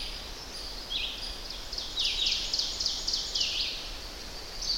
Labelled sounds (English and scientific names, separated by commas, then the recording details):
Ovenbird (Seiurus aurocapilla) song
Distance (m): 65 m
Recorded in boreal forest in Alberta, Canada, on 10 June 2016 at 06:58
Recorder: SongMeter 3, array SBT-3-39
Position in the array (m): 196 m, 89 m
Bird 17